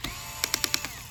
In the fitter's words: And there's the clicking.